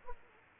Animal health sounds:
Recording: mosquito wingbeat signal from an infrared sensor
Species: Aedes aegypti

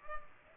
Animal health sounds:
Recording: mosquito wingbeat signal from an infrared sensor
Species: Culex pipiens

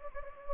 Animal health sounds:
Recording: mosquito wingbeat signal from an infrared sensor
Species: Anopheles gambiae

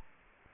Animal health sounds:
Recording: mosquito wingbeat signal from an infrared sensor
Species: Aedes aegypti

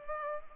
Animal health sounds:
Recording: mosquito wingbeat signal from an infrared sensor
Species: Culex pipiens

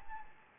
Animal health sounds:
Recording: mosquito wingbeat signal from an infrared sensor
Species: Anopheles gambiae

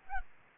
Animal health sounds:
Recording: mosquito wingbeat signal from an infrared sensor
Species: Aedes albopictus

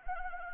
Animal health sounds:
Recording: mosquito wingbeat signal from an infrared sensor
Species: Anopheles arabiensis

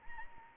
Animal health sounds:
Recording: mosquito wingbeat signal from an infrared sensor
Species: Anopheles arabiensis

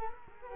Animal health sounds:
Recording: mosquito wingbeat signal from an infrared sensor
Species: Culex quinquefasciatus

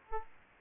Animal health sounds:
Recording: mosquito wingbeat signal from an infrared sensor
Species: Aedes aegypti

